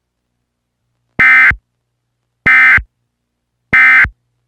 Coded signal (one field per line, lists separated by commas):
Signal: Emergency Alert System (SAME) tones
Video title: (G) EAS Mock: ＯＭＧ ＴＨＡＤＥＥＳＴＯＲＭ (9/22/08)